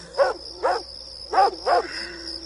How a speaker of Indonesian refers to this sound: Dan tiba-tiba, astaga, aku dikagetkan oleh suara anjing tetangga depanku yang menggonggong mengagetkanku.